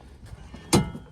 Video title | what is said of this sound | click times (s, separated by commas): Project#9 Tying Up Loose Ends | it locks when you close it like this | 0.7 s